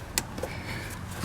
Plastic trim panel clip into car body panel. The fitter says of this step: as you can see it's just gonna snap